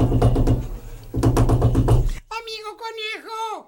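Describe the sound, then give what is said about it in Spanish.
Two insistent volleys of rapid, loud knocking on a door, with a brief pause between them, followed by a voice urgently calling to be let in. “Y de pronto llamaron a la puerta con gran insistencia.”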